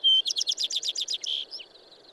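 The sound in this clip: Bird song: a brief clear whistle, then about nine fast repeated buzzy notes in a trill, ending in a short sustained note and fading twitter.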